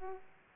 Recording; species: mosquito wingbeat signal from an infrared sensor; Aedes aegypti